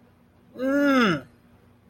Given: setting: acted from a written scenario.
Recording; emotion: vocal sound without words; disgust